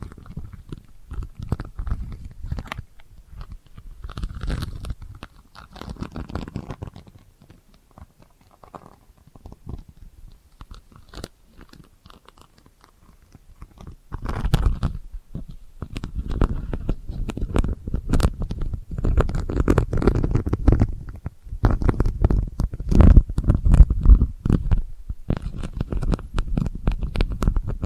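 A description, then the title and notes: Delicate scratching comes in soft, irregular bursts of dull low rubbing and brief crisp ticks, quieter early on and busier after fifteen seconds. ASMR Delicate Scratching for Sleep (No Talking).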